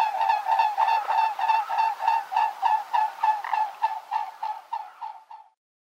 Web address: Uzbek hayvonlar. Cygnus olor